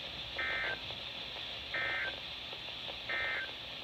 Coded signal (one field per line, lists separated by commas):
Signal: Emergency Alert System (SAME) tones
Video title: Not done yet EAS 82-84 6/4/20